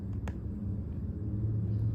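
A potentiometer is placed on a plastic breadboard and its metal legs are pressed into the contacts, giving a short sharp click at 0.3 s over a steady low rumble. The potentiometer is fully seated.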